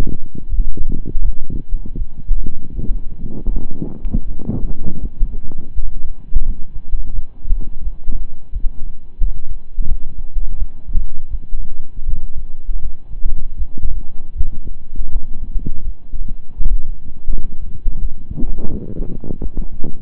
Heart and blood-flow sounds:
heart sounds by stethoscope; between the tricuspid and mitral areas; 82 bpm
0.47 s: heartbeat
1.22 s: heartbeat
1.95 s: heartbeat
2.72 s: heartbeat
3.50 s: heartbeat
4.24 s: heartbeat
4.99 s: heartbeat
5.73 s: heartbeat
6.43 s: heartbeat
7.12 s: heartbeat
7.81 s: heartbeat
8.50 s: heartbeat
9.18 s: heartbeat
9.86 s: heartbeat
10.55 s: heartbeat
11.28 s: heartbeat
12.05 s: heartbeat
12.80 s: heartbeat
13.56 s: heartbeat
14.34 s: heartbeat
15.10 s: heartbeat
15.82 s: heartbeat
16.55 s: heartbeat
17.28 s: heartbeat
17.99 s: heartbeat
18.68 s: heartbeat
19.39 s: heartbeat
From the record:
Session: slow and fast walking with breaks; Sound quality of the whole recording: saturated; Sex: male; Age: 25 years

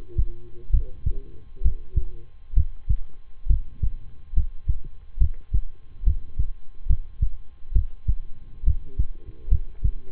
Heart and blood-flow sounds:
heart sounds by stethoscope; between the tricuspid and mitral areas; 68 bpm
0.70 s: heartbeat
1.61 s: heartbeat
2.53 s: heartbeat
3.46 s: heartbeat
4.33 s: heartbeat
5.17 s: heartbeat
6.03 s: heartbeat
6.86 s: heartbeat
7.72 s: heartbeat
8.63 s: heartbeat
9.48 s: heartbeat
From the record:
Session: rest, lying down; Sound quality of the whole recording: good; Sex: male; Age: 23 years

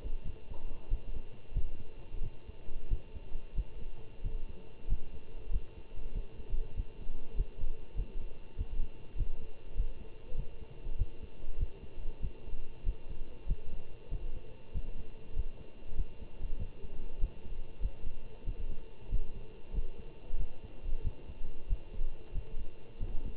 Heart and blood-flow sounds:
heart sounds by stethoscope; between the tricuspid and mitral areas; 95 bpm
0.23 s: heartbeat
0.88 s: heartbeat
1.52 s: heartbeat
2.21 s: heartbeat
2.88 s: heartbeat
3.54 s: heartbeat
4.22 s: heartbeat
4.87 s: heartbeat
5.50 s: heartbeat
6.12 s: heartbeat
6.75 s: heartbeat
7.35 s: heartbeat
7.95 s: heartbeat
8.56 s: heartbeat
9.16 s: heartbeat
9.75 s: heartbeat
10.35 s: heartbeat
10.96 s: heartbeat
11.57 s: heartbeat
12.20 s: heartbeat
12.84 s: heartbeat
13.46 s: heartbeat
14.09 s: heartbeat
14.72 s: heartbeat
15.34 s: heartbeat
15.95 s: heartbeat
16.57 s: heartbeat
17.19 s: heartbeat
17.80 s: heartbeat
18.44 s: heartbeat
19.09 s: heartbeat
19.72 s: heartbeat
20.37 s: heartbeat
21.02 s: heartbeat
21.67 s: heartbeat
22.32 s: heartbeat
22.98 s: heartbeat
From the record:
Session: Bruce protocol treadmill stress test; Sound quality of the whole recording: good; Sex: male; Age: 25 years

